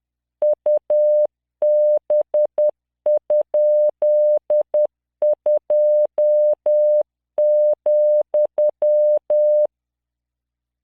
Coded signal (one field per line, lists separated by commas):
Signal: Morse code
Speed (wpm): 10 wpm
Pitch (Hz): 600 Hz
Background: none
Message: UB?2,